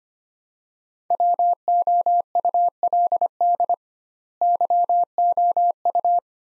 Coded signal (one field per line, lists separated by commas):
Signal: Morse code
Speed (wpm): 25 wpm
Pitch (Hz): 700 Hz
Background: none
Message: WOULD YOU